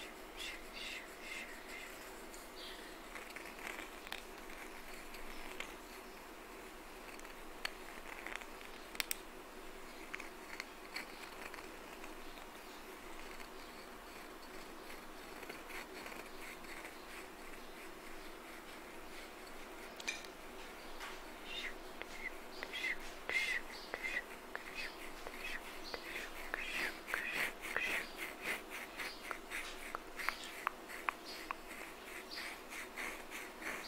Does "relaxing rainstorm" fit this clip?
no